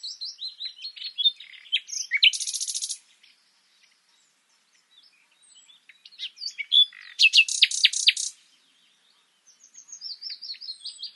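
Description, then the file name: Common nightingale song: varied whistled phrases and a fast buzzy trill, a silent gap, then loud strongly repeated notes and soft descending whistles. "Luscinia megarhynchos"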